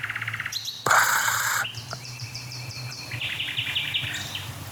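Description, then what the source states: Common Nightingale song: a loud harsh burst, then varied whistles and rapid repeated notes, over a steady low hum. Nightingale song; phrase described as a high C, gurgling, a rolling part and then a closing strophe.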